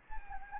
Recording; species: mosquito wingbeat signal from an infrared sensor; Anopheles gambiae